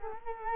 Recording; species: mosquito wingbeat signal from an infrared sensor; Culex quinquefasciatus